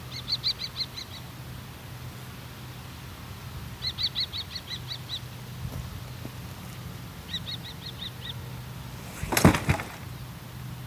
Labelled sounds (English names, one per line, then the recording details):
Common Kestrel call
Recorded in the wild
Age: adult
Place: Flemmingen, Thuringia, DE
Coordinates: 50.9385, 12.6332
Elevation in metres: 250
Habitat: gravel pit
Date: 2024-07-27 15:21
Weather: 20-25°C, cloudy
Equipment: Sound Devices MixPre6, Sennheiser MKH8060
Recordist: Frommolt, Karl-Heinz